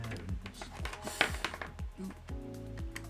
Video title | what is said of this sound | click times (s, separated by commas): Building my first gaming PC! w/J3Joe from @TheJ3Boys | nice a nice click there and that can poke through | 1.2 s